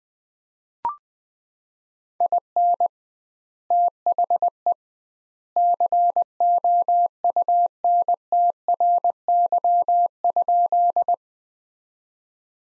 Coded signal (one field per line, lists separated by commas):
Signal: Morse code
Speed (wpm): 20 wpm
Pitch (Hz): 700 Hz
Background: none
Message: IN THE COUNTRY?